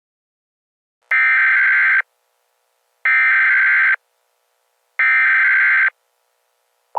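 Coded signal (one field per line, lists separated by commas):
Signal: Emergency Alert System (SAME) tones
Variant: header bursts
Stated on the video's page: Fictional alert scenario announcing that the nation is under attack.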